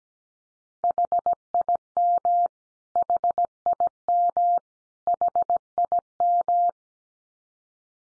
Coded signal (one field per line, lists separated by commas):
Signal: Morse code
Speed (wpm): 17 wpm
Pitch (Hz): 700 Hz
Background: none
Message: HIM HIM HIM